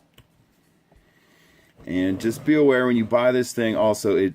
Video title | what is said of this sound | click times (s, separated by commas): Star Wars Episode 4 A New Hope Detention Block Rescue Playset POTF | on a little peg there's nothing to it and they just snap right in there and | 0.2 s